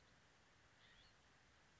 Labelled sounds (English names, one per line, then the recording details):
California Scrub-Jay
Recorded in Sonoma County, California